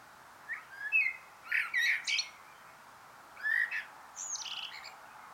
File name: Turdus merula